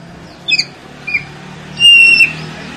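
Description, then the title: Oriental magpie-robin song: a couple of short squeaky notes followed by a single sustained clear whistle, over a faint steady background hum. "Kacer"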